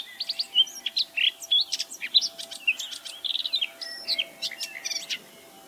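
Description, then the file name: Eurasian blackcap song: a fast, varied warble of chirps, quick slurred notes and short whistles, delivered almost without pause, with a faint steady low hum underneath. "Sylvia atricapilla"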